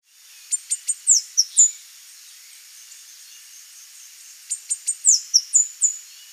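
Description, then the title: Saffron-billed sparrow singing two similar phrases about four seconds apart, each with three sharp high ticks leading into a run of thin, down-slurred whistles. "LuckyPassaro Completos2Sama. Saffron-billed Sparrow (Arremon flavirostris)"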